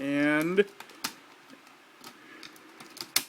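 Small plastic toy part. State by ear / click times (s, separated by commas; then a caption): seated / 3.2 s. Someone talks briefly as a small plastic flap piece is folded over the top half of a Kyuukyuu Sentai GoGoFive Max Victory Robo combining toy robot and pressed down, with soft plastic ticks and taps along the way. A sharp, loud plastic snap at 3.2 s marks the flap tabbing into place, seated.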